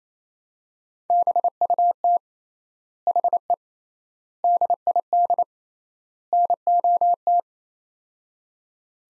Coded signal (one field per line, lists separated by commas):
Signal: Morse code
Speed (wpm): 28 wpm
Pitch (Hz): 700 Hz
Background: none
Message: BUT HE DID NOT